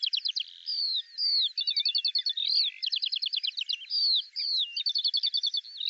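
Eurasian skylark song: a fast, unbroken stream of chattering trills, slurred whistles and rolling buzzy phrases, high-pitched and varied throughout.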